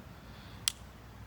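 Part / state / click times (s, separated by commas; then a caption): sliding drink-opening cover on a tumbler lid / released / 0.7 s. A sliding drink cover on the plastic lid of a YETI Rambler 30 oz. tumbler is slid open. It gives one sharp, bright click at 0.7 s over a quiet, low background hum. The slider clicks into the open position so it won't fall back down during a drink.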